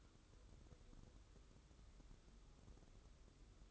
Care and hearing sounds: daily activity, microphone in the room; take from stove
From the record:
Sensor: 3

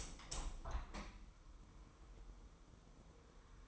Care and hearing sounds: daily activity, microphone in the room; open window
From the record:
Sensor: 1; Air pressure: 999.9 hPa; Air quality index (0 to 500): 237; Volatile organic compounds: 108 ppm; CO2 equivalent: 3806 ppm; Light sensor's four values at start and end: 10/25/10/11 and 11/27/11/12

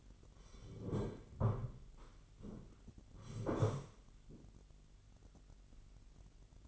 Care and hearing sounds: daily activity, microphone in the room; sit down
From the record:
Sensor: 4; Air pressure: 999.3 hPa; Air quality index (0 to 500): 114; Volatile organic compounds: 2 ppm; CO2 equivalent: 1128 ppm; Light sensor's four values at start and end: 12/29/12/13 and 12/29/12/13

